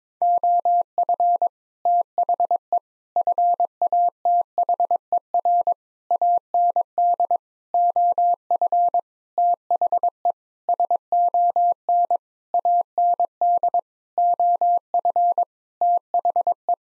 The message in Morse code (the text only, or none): OF THE FATHER AND OF THE SON AND OF THE